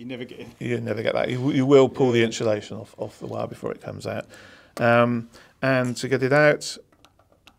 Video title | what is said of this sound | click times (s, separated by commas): Heavy Duty Connectors from Weidmuller | it's simp a case of pushing it till it clicks again wow that removes | 7.1 s, 7.5 s